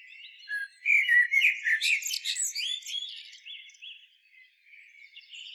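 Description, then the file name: Common blackbird song phrase of low fluted warbling notes, quickly breaking into higher squeaky twittering, then fading to soft scattered notes. "Turdus merula"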